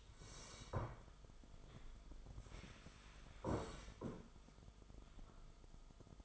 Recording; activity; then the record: daily activity, microphone in the room; sit down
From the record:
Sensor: 5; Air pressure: 1005.4 hPa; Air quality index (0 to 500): 105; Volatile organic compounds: 2 ppm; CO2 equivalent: 1284 ppm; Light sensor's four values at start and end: 34/78/31/30 and 34/78/31/30